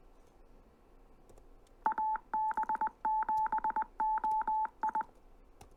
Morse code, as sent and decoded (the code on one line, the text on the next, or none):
.- -... --... --- ..
AB7OI